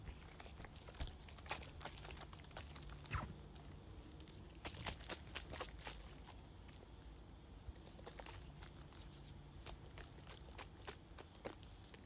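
A perfume bottle is tapped, scratched and shaken, giving short, sharp clicks and taps scattered irregularly through the twelve seconds, busiest around the middle. A soft low hum runs steadily underneath, with faint scratchy rustling between the taps.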